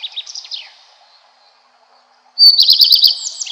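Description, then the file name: Common Redstart song, a fading phrase with falling notes, a short pause, then a loud new burst of rapid high twittering. "Golosa ptic - Gorihvostka lysushka"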